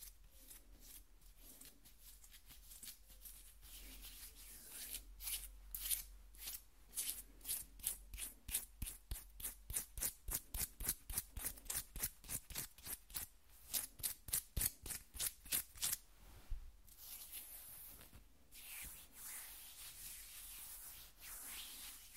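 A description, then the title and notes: Skin scratching in quick, rhythmic strokes, each a bright dry rasp. The strokes are sparse at first, then from about five seconds run in a steady, dense series until around sixteen seconds, before fading into softer, scattered rubbing and a faint hiss. ASMR Skin Scratching 1 Hour (No Talking).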